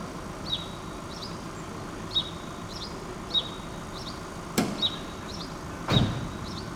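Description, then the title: Sparrows calling with brief chirps at short intervals, over low traffic noise, with two sharp clacks near the end. Urban street, Rue Keyenveld, Ixelles, Brussels, Belgium; cars and people passing by; recorded with Lom Usi Pro microphones into a Zoom F6. "Rue Keyenveld, Ixelles, Bruxelles-Capitale, Belgique - Sparrows - moineaux"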